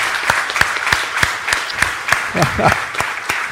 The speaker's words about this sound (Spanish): ¿Por qué no le damos un fuerte aplauso a nuestro Dios? ¡Aleluya! ¡Es para el Señor! ¡Dale lo mejor!